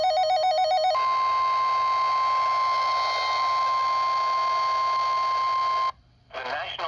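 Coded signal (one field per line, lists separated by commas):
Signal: Emergency Alert System (SAME) tones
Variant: 1050 Hz attention tone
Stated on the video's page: Real NOAA Weather Radio severe thunderstorm warning on 162.475 MHz, transmitter about 11 miles away, received on a Midland 74-250C weather radio.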